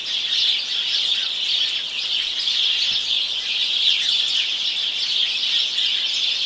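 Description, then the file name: House sparrows in a noisy chorus, many sharp chirps blending into an unbroken twittering din. "Passer domesticus"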